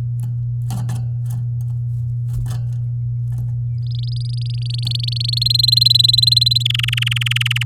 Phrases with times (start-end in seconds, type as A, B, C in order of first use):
3.87-5.43 A, 5.45-6.63 B, 6.65-7.63 C